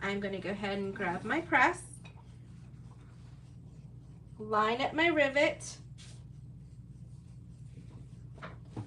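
A metal rivet, already assembled, is lined up in a hand rivet press on a bag before being pressed. Someone talks, then there are quiet positioning and handling sounds, including a small knock at about 2.1 s. The press has not been pushed down yet and nothing has seated or clicked.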